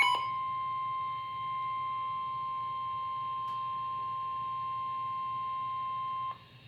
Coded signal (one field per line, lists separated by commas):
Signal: Emergency Alert System (SAME) tones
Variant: 1050 Hz attention tone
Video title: 6/2/26 Severe Thunderstorm Warning for Fort Bend, Waller, and Harris Counties (EAS#64)